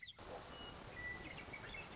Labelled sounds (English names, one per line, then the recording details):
Western Meadowlark
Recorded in Sonoma County, California